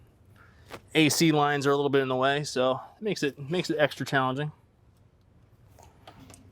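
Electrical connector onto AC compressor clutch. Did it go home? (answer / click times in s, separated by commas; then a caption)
yes / 6.3 s. Someone talks while pushing the electrical connector onto the AC compressor clutch of a 2008-2013 BMW E9x M3 S65 V8 from behind at an awkward angle, with the AC lines in the way, during a throttle body actuator replacement. After the talking stops, faint handling noises follow, and the connector clicks into place at 6.3 s.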